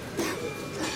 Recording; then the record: coughing mixed with background sound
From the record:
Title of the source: 60 coughing still (deep and wet cough)